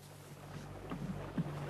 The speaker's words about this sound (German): Oh, hörst du das Wasser? Schau mal die Wellen und unser Segel.